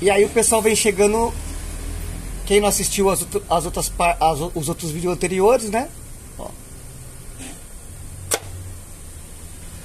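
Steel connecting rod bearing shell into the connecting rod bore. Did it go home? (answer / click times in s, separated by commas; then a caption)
no / none. Someone talks while a steel connecting rod bearing shell is fitted into the connecting rod bore of a Fiasa engine, with a sharp tap at 8.3 s. The shell's locating-tab side fails to seat on this attempt, so nothing has seated yet and the shell is being repositioned.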